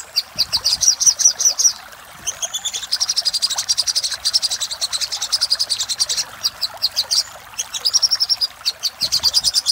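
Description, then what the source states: Little spiderhunter song: fast runs of high, sharp chipping notes, several per second, in bursts broken by short pauses, with faint background hiss. Master recording used to train caged birds; local Indonesian name Sogok Ontong.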